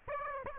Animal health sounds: mosquito wingbeat signal from an infrared sensor; Aedes aegypti

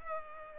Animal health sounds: mosquito wingbeat signal from an infrared sensor; Culex pipiens

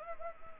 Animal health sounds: mosquito wingbeat signal from an infrared sensor; Anopheles arabiensis

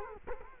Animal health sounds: mosquito wingbeat signal from an infrared sensor; Culex quinquefasciatus

